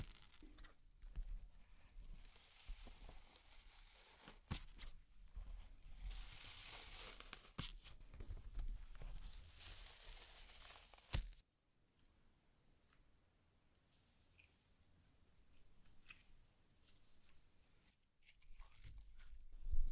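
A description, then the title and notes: Slime being squished and stretched, with dense, crackly popping and squelching through the first eleven seconds. A sharp stop leaves near silence, then faint sticky clicks return and grow louder toward the end. ASMR SLIME! 5 Satisfying Slimes.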